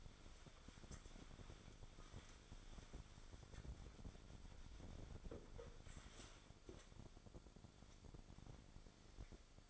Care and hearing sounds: daily activity, microphone in the room; wipe stove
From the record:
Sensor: 5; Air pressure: 1007.2 hPa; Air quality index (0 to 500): 174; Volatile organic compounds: 4 ppm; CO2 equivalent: 1662 ppm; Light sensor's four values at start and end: 53/146/57/58 and 53/145/57/58

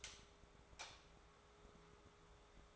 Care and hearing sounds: daily activity, microphone in the room; light off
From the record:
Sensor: 3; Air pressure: 1010.2 hPa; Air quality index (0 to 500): 169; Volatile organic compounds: 10 ppm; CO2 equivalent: 2214 ppm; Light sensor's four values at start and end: 48/121/53/58 and 46/114/50/55

